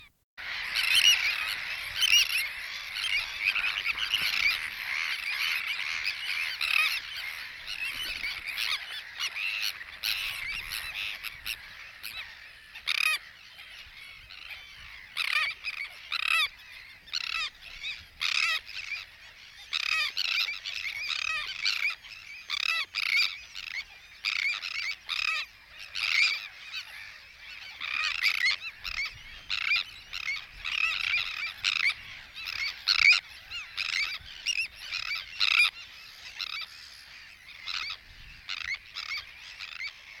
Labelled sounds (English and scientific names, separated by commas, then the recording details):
Sandwich Tern (Thalasseus sandvicensis) call
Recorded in the wild
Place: Langenwerder, Mecklenburg-Vorpommern, DE
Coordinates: 54.027, 11.493
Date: 1969-06-07
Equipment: Nagra III BH, Sennheiser MD 421
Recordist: Schubert, Michael
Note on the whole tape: In der Brandseeschwalben-Kolonie